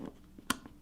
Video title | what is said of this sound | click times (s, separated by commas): iPhone Xs Max Teardown Is there any Thermal Cooling | SIM card tray pops into place and the | 0.5 s